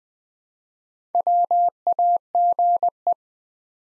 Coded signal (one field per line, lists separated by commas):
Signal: Morse code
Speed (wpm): 20 wpm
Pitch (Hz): 700 Hz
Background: none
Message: WAGE